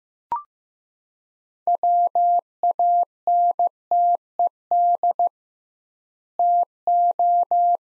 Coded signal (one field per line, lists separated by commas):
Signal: Morse code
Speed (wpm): 15 wpm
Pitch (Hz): 700 Hz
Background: none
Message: WANTED TO